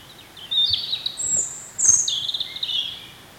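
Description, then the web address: European robin singing two quick phrases of high, wavering warbles and thin whistled notes. "chant xeno-canto rougegorge familier"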